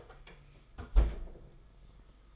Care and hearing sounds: daily activity, microphone in the room; close fridge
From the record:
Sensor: 5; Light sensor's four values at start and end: 34/106/41/43 and 33/106/40/43

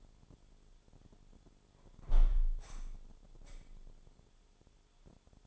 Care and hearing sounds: daily activity, microphone in the room; close window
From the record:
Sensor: 5

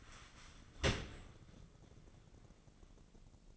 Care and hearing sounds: daily activity, microphone in the room; open dishwasher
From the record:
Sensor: 4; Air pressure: 1013.2 hPa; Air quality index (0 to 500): 177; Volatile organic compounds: 2 ppm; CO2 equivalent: 1114 ppm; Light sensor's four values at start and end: 88/218/91/94 and 88/218/91/94

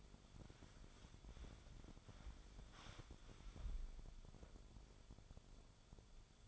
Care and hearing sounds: daily activity, microphone in the room; wipe stove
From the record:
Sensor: 5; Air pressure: 1015.2 hPa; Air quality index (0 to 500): 182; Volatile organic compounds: 7 ppm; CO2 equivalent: 1968 ppm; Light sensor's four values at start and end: 36/84/34/36 and 35/83/34/35

